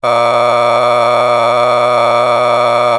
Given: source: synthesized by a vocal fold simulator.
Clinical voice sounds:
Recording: sustained vowel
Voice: male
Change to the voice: a random mix of aspiration noise, stiffness perturbation and strain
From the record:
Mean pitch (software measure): 120 Hz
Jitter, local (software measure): 2.18%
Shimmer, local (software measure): 8.8%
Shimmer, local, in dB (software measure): 0.78 dB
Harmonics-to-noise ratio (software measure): 9.5 dB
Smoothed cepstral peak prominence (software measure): 15.5 dB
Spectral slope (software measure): -13.1 dB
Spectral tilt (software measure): -10.0 dB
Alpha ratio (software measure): -3.5 dB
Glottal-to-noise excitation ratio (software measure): 0.947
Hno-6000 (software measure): 1.8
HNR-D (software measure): 23.7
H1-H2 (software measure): 1.5 dB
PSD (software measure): 2.5e-04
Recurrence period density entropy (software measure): 0.126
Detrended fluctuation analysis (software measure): 0.0301

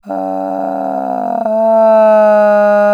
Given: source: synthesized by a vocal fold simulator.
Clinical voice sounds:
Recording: sustained vowel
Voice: female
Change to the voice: asymmetry, level 13 of 51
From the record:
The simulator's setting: 2.20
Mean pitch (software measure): 164 Hz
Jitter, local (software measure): 1.15%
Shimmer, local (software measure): 2.8%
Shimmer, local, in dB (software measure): 0.41 dB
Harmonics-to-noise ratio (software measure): 22.4 dB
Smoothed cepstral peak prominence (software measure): 13.9 dB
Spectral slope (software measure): -25.3 dB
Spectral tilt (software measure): -11.7 dB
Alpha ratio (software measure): -15.8 dB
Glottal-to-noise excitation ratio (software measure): 0.943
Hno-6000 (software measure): 2.4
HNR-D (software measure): 31.4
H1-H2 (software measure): 2.6 dB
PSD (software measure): 2.7e-03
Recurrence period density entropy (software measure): 0.107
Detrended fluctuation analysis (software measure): 0.0321

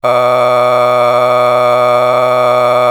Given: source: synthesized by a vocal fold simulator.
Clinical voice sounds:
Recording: sustained vowel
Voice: male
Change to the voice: a random mix of aspiration noise, stiffness perturbation and strain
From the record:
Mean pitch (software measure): 123 Hz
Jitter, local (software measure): 1.45%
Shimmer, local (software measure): 8.0%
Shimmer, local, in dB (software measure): 0.71 dB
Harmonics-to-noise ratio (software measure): 12.7 dB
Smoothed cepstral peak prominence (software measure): 16.9 dB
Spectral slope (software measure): -14.2 dB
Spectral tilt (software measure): -9.9 dB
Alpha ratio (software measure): -4.7 dB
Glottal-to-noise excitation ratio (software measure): 0.954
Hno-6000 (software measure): 2.0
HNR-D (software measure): 27.5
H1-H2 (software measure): 1.4 dB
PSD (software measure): 1.3e-04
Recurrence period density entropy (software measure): 0.117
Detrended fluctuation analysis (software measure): 0.0311

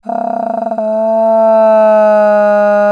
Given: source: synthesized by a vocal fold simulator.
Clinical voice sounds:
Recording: sustained vowel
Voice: female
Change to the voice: asymmetry, level 8 of 51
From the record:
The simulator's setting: 1.70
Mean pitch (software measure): 218 Hz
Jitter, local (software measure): 0.47%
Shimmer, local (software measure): 2.7%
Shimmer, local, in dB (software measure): 0.42 dB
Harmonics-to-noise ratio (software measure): 27.2 dB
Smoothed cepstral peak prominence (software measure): 15.3 dB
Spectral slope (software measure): -25.5 dB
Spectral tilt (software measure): -11.2 dB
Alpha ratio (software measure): -16.0 dB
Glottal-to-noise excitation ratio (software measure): 0.944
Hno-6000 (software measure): 2.5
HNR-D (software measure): 35.2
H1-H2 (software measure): 8.1 dB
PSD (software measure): 1.8e-04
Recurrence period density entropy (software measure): 0.117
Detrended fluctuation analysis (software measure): 0.0290

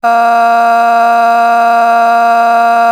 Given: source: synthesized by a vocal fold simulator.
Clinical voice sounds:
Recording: sustained vowel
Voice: female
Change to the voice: a random mix of aspiration noise, stiffness perturbation and strain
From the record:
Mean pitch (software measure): 233 Hz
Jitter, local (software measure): 0.73%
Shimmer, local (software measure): 5.1%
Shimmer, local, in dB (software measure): 0.44 dB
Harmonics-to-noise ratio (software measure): 19.9 dB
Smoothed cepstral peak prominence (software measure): 15.5 dB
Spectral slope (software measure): -17.8 dB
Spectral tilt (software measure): -8.2 dB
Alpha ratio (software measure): -8.3 dB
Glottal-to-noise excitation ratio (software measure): 0.931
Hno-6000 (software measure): 2.0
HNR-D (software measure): 40.6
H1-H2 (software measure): -1.9 dB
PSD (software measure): 3.2e-05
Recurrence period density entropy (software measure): 0.115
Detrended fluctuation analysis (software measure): 0.0113

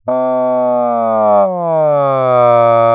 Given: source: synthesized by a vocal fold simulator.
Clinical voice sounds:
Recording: sustained vowel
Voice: male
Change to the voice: asymmetry, level 43 of 51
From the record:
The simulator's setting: 5.20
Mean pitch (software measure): 126 Hz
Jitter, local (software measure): 0.32%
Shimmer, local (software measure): 1.6%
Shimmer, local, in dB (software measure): 0.11 dB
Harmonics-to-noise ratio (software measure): 29.8 dB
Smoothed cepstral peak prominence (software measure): 23.1 dB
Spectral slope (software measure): -19.3 dB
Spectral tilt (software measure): -13.0 dB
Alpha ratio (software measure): -9.7 dB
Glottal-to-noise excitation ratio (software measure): 0.961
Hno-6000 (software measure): 2.7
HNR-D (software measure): 27.9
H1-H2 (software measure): -5.5 dB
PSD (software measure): 1.1e-03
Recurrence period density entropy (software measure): 0.114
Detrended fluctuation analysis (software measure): 0.0417

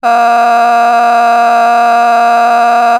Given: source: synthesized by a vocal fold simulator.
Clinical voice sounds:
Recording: sustained vowel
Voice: female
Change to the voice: a random mix of aspiration noise, stiffness perturbation and strain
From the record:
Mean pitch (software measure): 235 Hz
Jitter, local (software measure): 1.26%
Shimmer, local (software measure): 6.9%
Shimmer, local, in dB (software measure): 0.61 dB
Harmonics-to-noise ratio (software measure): 16.5 dB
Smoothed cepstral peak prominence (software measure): 16.5 dB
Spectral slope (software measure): -17.9 dB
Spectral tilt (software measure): -9.0 dB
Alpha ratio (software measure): -8.4 dB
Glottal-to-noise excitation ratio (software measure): 0.955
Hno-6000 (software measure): 1.8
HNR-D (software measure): 38.5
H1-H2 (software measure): -1.1 dB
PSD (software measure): 6.3e-05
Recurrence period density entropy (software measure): 0.118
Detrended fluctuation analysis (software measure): 0.0105

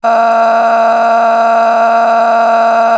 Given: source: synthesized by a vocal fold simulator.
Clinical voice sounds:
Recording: sustained vowel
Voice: female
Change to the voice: a random mix of aspiration noise, stiffness perturbation and strain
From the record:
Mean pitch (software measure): 229 Hz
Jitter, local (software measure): 2.43%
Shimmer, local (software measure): 9.6%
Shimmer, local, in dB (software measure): 0.84 dB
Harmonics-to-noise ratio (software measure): 12.2 dB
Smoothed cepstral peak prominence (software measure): 11.2 dB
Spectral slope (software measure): -18.5 dB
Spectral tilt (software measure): -9.5 dB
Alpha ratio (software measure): -9.0 dB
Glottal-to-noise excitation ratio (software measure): 0.828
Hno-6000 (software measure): 1.9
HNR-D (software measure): 33.3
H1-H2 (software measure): -0.9 dB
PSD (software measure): 9.5e-05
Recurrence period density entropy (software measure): 0.118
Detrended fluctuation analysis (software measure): 0.0121

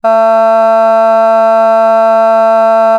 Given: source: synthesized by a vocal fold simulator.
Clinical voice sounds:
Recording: sustained vowel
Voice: female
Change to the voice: vocal strain, level 3 of 10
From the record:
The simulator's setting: 0.22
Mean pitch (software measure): 224 Hz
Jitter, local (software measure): 0.18%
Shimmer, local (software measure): 0.8%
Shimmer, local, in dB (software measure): 0.07 dB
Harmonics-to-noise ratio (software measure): 34.3 dB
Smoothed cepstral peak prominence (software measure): 20.6 dB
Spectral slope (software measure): -20.6 dB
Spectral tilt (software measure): -8.3 dB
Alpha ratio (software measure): -11.1 dB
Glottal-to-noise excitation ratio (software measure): 0.992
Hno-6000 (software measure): 2.4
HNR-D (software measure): 42.2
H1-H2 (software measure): 4.3 dB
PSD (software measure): 8.7e-06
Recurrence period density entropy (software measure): 0.151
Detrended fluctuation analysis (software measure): 0.0121

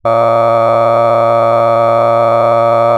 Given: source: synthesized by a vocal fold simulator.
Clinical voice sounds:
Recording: sustained vowel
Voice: male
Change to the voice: cycle-to-cycle stiffness perturbation (roughness), level 7 of 10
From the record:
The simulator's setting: 4.17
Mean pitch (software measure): 115 Hz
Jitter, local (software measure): 2.24%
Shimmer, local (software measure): 8.3%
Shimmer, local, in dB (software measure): 0.66 dB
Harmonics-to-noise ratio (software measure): 12.6 dB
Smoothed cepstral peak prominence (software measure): 18.2 dB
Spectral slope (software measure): -16.9 dB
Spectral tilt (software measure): -12.0 dB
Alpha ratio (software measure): -7.4 dB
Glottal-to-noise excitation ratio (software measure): 0.993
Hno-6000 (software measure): 2.4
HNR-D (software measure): 22.0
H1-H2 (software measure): 4.9 dB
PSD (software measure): 1.5e-04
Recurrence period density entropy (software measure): 0.105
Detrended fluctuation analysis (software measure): 0.0545

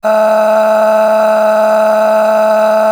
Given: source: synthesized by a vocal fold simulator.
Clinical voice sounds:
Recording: sustained vowel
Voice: female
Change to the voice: a random mix of aspiration noise, stiffness perturbation and strain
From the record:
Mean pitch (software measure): 216 Hz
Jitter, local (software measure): 1.59%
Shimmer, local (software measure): 12.0%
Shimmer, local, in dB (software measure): 1.06 dB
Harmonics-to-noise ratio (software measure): 13.4 dB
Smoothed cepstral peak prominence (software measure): 10.7 dB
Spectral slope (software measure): -21.7 dB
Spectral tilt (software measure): -8.5 dB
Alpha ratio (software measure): -12.2 dB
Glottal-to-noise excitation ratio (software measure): 0.837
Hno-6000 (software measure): 1.9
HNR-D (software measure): 33.8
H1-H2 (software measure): 3.7 dB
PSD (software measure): 7.2e-05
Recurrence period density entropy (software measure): 0.118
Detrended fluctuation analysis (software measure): 0.0168

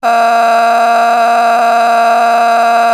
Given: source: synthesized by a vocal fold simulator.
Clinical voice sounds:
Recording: sustained vowel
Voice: female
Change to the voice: a random mix of aspiration noise, stiffness perturbation and strain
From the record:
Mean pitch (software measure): 232 Hz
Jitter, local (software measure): 1.86%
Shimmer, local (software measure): 8.2%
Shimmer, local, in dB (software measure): 0.71 dB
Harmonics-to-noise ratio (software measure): 12.8 dB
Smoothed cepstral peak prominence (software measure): 13.5 dB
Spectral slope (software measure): -17.4 dB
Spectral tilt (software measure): -8.7 dB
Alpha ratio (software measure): -7.9 dB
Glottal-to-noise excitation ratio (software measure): 0.897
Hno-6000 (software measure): 1.8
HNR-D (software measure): 37.0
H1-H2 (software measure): -1.4 dB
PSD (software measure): 8.8e-05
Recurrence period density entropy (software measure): 0.121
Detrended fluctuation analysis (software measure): 0.0101

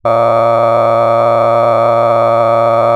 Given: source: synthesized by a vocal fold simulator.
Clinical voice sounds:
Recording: sustained vowel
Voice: male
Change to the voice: cycle-to-cycle stiffness perturbation (roughness), level 9 of 10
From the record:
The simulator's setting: 5.63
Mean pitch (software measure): 115 Hz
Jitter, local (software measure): 2.72%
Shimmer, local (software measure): 9.6%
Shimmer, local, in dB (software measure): 0.80 dB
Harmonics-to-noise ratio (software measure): 10.9 dB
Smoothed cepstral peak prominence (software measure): 17.1 dB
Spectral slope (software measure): -16.9 dB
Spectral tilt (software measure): -12.2 dB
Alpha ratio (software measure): -7.3 dB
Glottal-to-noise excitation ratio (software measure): 0.992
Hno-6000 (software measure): 2.4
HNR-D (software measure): 21.4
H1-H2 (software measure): 5.0 dB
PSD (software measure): 1.9e-04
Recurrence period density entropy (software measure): 0.104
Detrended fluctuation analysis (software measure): 0.0572

